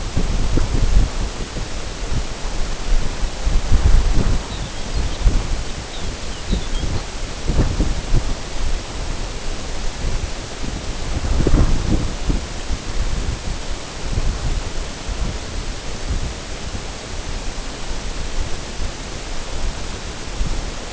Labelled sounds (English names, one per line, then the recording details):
Lapland Longspur
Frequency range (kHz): Lapland Longspur 2.4-5.4 kHz
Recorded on Arctic tundra, site NAIT-1, on 19 June 2018
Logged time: 21:00